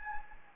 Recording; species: mosquito wingbeat signal from an infrared sensor; Anopheles gambiae